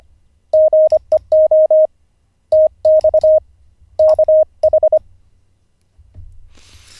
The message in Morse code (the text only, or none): GEO TX KH